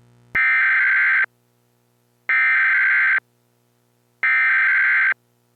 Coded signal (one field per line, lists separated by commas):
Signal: Emergency Alert System (SAME) tones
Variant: header bursts